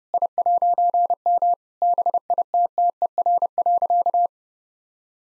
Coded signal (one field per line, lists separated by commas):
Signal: Morse code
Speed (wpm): 30 wpm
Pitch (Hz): 700 Hz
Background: none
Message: I'M BITTER.